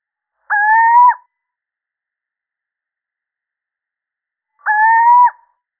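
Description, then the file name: Little owl repeating its drawn-out, upward-inflected hoot twice, roughly four seconds apart, with quiet between calls. Male. "Sycek obecny samec"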